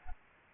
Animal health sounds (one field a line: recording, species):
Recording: mosquito wingbeat signal from an infrared sensor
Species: Aedes aegypti